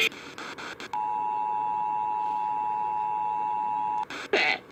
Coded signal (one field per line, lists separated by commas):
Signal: Emergency Alert System (SAME) tones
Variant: 853 and 960 Hz attention tone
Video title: Iowa EAS Required Monthly Tests (April 3, 2019)